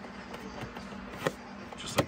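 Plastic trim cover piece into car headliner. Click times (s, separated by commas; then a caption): 1.3 s, 2.0 s. A plastic trim cover piece has its top pushed up into a car's gray headliner. Two sharp snaps are heard at 1.3 and 2.0 seconds over low background noise, and the cover is seated in place.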